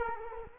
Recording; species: mosquito wingbeat signal from an infrared sensor; Culex quinquefasciatus